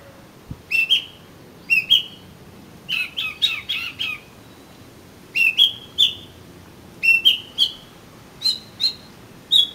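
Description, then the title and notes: Oriental magpie-robin giving short whistled phrases, each a sharp note followed by a level whistle, repeated roughly every second with short gaps between. "suara kacer. kumpulan suara burung kacer"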